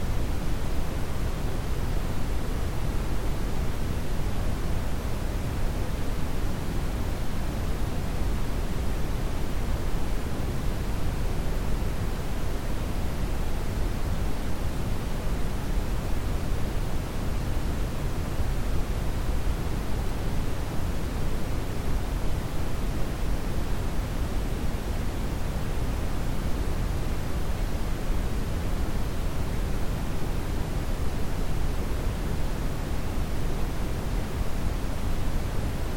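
Brown noise plays as a steady, deep rushing hiss, weighted heavily toward low rumble, unchanging and dense for the whole stretch.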